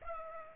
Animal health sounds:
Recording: mosquito wingbeat signal from an infrared sensor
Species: Culex pipiens

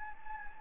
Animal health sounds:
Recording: mosquito wingbeat signal from an infrared sensor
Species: Anopheles gambiae

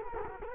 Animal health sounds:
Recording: mosquito wingbeat signal from an infrared sensor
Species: Culex quinquefasciatus

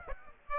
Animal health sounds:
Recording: mosquito wingbeat signal from an infrared sensor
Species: Aedes aegypti

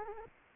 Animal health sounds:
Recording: mosquito wingbeat signal from an infrared sensor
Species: Anopheles arabiensis

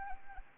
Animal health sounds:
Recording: mosquito wingbeat signal from an infrared sensor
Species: Anopheles arabiensis

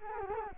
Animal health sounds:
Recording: mosquito wingbeat signal from an infrared sensor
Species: Culex quinquefasciatus

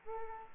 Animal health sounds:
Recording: mosquito wingbeat signal from an infrared sensor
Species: Aedes albopictus

